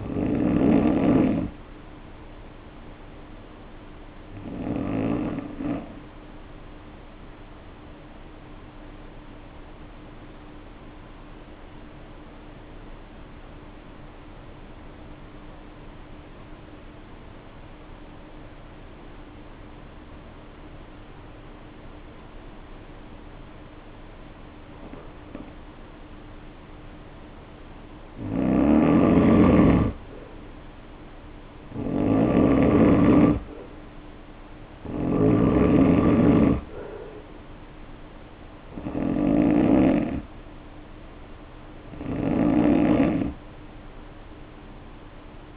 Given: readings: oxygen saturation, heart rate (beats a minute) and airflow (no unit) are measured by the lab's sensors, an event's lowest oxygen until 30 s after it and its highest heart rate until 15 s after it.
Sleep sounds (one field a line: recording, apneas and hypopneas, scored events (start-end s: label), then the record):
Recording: breathing in sleep by a voice recorder at the bedside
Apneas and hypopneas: 1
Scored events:
4.00-29.20 s: hypopnea (N1, oxygen 96% highest, then 84% lowest, heart rate 56 at the start, 63 highest)
8.00-45.57 s: new sleep stage, N2 (light sleep)
From the record:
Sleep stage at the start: N1 (lightest sleep)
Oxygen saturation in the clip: 85 to 96%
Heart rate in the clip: 52 to 63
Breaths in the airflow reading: 9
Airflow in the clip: -2.8 to 3.8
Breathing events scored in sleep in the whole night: 520 in 7.2 hours asleep